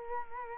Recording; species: mosquito wingbeat signal from an infrared sensor; Culex quinquefasciatus